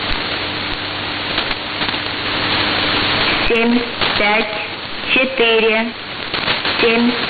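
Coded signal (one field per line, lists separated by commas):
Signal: numbers station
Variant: S06s, Russian female voice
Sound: radio static and low hum, then a woman speaking short separated words, about four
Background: radio static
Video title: 16 07 2019 S06s Russian Lady numbers station in Russian to Eu 1110 on 7560 unknown tx site USB+AM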